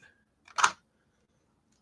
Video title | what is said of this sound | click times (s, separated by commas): NO WAY IT IS MONDAY ALREADY | in here like that once the lines through it and you just squeeze it you hear it click | 0.5 s, 0.6 s